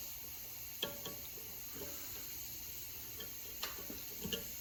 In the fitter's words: Is that on? There. You hear it click? I think when it, oh, it's not quite on.